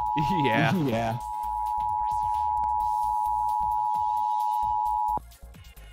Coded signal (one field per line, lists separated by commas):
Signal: Emergency Alert System (SAME) tones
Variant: 853 and 960 Hz attention tone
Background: speech, music